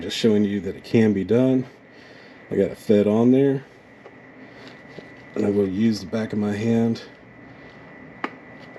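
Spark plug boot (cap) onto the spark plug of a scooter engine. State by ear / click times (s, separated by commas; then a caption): seated / 8.2 s. Someone talks while a rubber spark plug boot is pressed with the back of the hand onto the spark plug of a Honda Navi scooter engine. A single sharp snap is heard at 8.2 seconds as the boot seats onto the plug.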